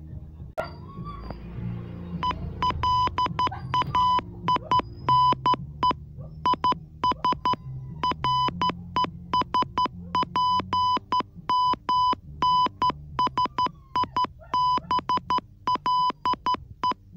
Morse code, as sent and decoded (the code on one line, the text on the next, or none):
. .-.. .- .. -. . / .. ... / .-. . ... .--. -- -. ... .. -... .-.. .
ELAINE IS RESPMNSIBLE